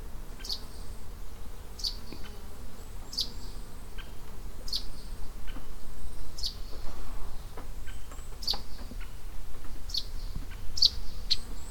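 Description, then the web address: Russet sparrow song: a sequence of clipped high chirps spaced roughly a second or more apart over a soft background hiss. Recorded on 31 May 2015 at Iou-no-sato. "saezuri nyuunaisuzume 20150531 iounosato"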